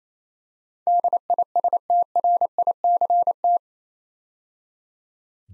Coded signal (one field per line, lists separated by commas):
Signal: Morse code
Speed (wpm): 29 wpm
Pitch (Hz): 700 Hz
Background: none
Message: DISTRICT